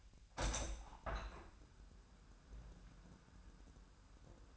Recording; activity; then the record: daily activity, microphone in the room; open window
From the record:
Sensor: 2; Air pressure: 1000.3 hPa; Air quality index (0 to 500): 236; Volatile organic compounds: 72 ppm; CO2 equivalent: 3536 ppm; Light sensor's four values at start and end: 8/20/8/8 and 9/21/9/9